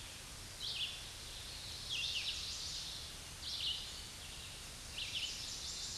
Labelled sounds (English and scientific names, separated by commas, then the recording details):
Red-eyed Vireo (Vireo olivaceus) song
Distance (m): 35 m
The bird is about 15 m above the microphone
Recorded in a Pennsylvania forest on 16 May 2024 at 07:42
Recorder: AudioMoth, point MSD-2146
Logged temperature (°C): 16.7 °C
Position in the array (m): 150 m, 28 m